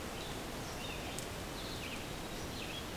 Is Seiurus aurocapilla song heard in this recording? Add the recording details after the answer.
no. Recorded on 24 June 2016 at 05:28. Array SBT-6-76